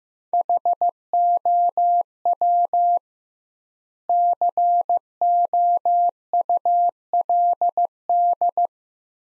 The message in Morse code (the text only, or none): HOW COULD